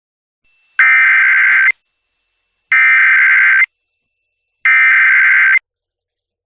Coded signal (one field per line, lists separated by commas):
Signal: Emergency Alert System (SAME) tones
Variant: header bursts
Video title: TORNADO WARNING LAREDO, TX (EAS #24-28) OCT 13 2021